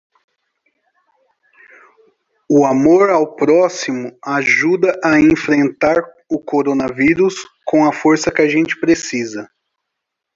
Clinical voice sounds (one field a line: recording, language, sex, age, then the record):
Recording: spoken sentence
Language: Brazilian Portuguese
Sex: male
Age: 30 to 39 years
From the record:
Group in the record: control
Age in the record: 35 years